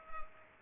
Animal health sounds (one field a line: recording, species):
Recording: mosquito wingbeat signal from an infrared sensor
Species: Culex pipiens